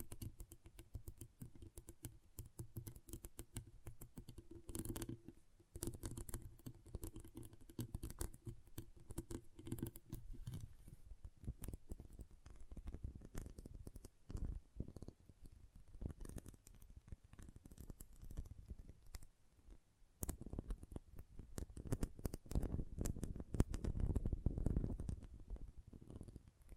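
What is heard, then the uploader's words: Magnetic tingles come through as dense, rapid clicking and scratchy crackle that patters along almost without pause. A low hum sits underneath, thickening between about 5 and 10 seconds and swelling again into a louder rumble near 23 to 26 seconds. ASMR Intense Magnetic Tingles (No Talking).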